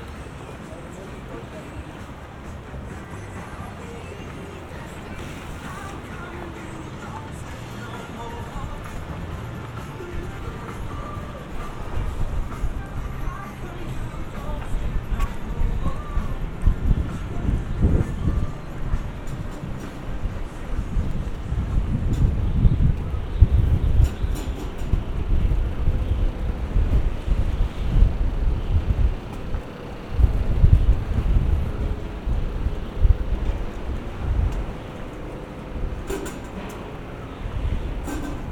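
Walking through Piran, Slovenia: a steady low rumble of wind and traffic that grows louder after ten seconds, with faint voices and scattered clicks.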